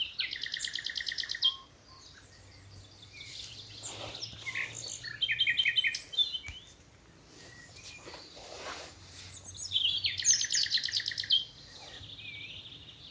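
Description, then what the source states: Common nightingale singing bursts of fast repeated notes and rich trills, separated by pauses. Several nightingales singing in the evening as dew falls, from thickets in a wood at Alners Gorse nature reserve, Dorset, run by Butterfly Conservation.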